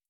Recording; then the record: hydrophone in a shrimp aquaculture tank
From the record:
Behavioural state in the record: starved